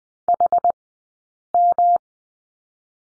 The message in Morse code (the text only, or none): HM